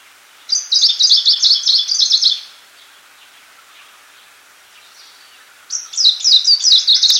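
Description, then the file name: Icterine warbler song: two high, rapid chattering phrases separated by a few seconds of quiet, the second cut off at the end. "peresmeshka zelenaja"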